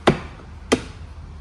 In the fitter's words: Snap, it's on.